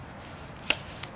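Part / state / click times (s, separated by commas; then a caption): handle onto the stove's mounting knob / seated / 0.7 s. The handle of an MSR Vapore Jet (CFV) stove is fitted onto the stove's small mounting knob and tightened down, and it locks in place with a sharp click at 0.7 s. A fainter tick follows at about 1.0 s over quiet background hiss, and the handle is seated.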